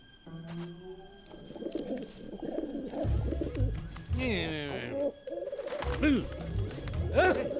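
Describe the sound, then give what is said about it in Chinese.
Several pigeons coo in a steady, overlapping stream of low, throaty warbles, joined midway by brief bursts of higher chirping and rustling over a soft rumbling background, in the Mandarin Chinese version of the film Migration. “臭鸽子。”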